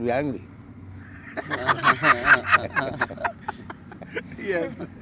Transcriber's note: laughter